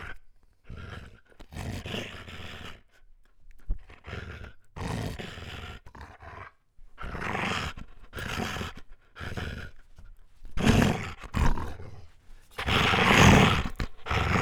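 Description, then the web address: Dog growling in rough, throaty bursts separated by short pauses. Medium-sized dog growling. "dogs lukofinc medium-dog-growl"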